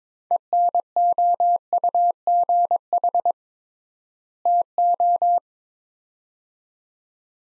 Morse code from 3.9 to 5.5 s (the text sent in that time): TO